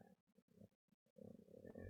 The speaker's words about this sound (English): Aww. Did you hear that guttural burp?